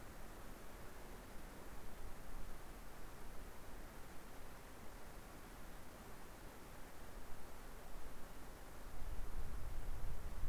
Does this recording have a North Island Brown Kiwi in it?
no